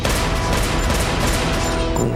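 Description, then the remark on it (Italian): Four loud gunshots crack in quick succession as Tex Watson shoots Steven Parent in his car by the villa grounds, blurring into a dense, harsh burst of noise that stays at a steady level for about two seconds, with no voices. “Watson gli spara 4 volte e lo ammazza.”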